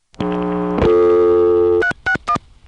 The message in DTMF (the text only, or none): 361